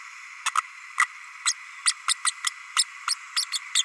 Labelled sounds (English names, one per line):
Green-rumped Parrotlet babbling